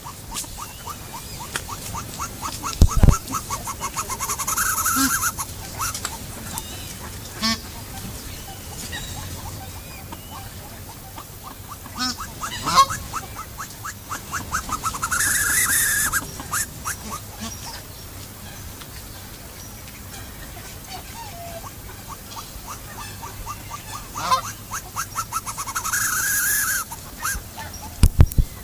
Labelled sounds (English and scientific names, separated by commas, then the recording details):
Andean Goose (Chloephaga melanoptera) call
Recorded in captivity
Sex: male
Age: adult
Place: Zoo Berlin, Berlin, DE
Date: 2008-08-12 14:42
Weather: overcast, ca. 23°C
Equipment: Sony WM-D6C, Sennheiser ME 80, Kopie Uher 4000 Report Monitor
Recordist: Tembrock, Günter